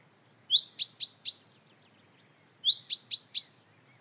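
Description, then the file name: Common chaffinch calling twice, each burst a quick upward-swept note and then three crisp, evenly spaced high ticks, with quiet background hiss. "Fringilla coelebs"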